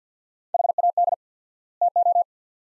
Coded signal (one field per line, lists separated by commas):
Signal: Morse code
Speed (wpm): 50 wpm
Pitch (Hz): 700 Hz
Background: none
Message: HAD TO